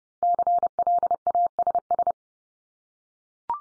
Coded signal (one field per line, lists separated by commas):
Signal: Morse code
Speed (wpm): 30 wpm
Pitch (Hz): 700 Hz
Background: none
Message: CLASS